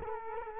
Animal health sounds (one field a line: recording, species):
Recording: mosquito wingbeat signal from an infrared sensor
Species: Culex quinquefasciatus